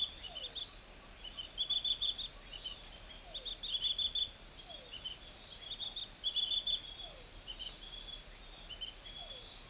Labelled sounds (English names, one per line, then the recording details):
none
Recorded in forest near Pivijay, Magdalena, Colombia, on 1 June 2023 at 00:30
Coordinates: 10.467, -74.380
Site Z5-G034